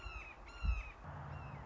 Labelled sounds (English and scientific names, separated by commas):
Red-shouldered Hawk (Buteo lineatus)